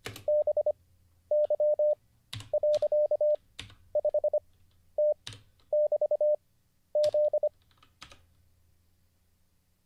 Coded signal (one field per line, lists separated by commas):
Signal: Morse code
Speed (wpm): 25 wpm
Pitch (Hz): 600 Hz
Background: none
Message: BY.5T<BT>Z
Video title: Let's Get Back to Learning Morse Code (Day 35) [Livestream]